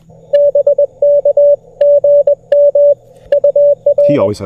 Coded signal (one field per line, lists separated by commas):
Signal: Morse code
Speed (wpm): 20 wpm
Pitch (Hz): 580 Hz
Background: speech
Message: BK GM UR